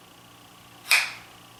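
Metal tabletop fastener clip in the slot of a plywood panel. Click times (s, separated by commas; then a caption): 0.9 s. A metal tabletop fastener clip sitting in a slot in a Baltic birch plywood panel, which stands in for the table top, is pulled out to show the spring tension it holds. A single short, bright click sounds at 0.9 s against a quiet background and fades within about a quarter second, as the clip releases.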